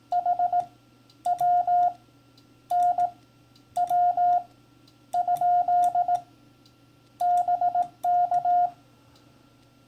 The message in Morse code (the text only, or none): HW NW? BK